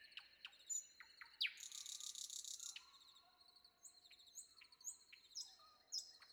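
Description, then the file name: Common nightingale song: sharp clicking notes, then a dense buzzy rattle, followed by a series of high whistled notes. Recorded before dawn. "predawn nightingale"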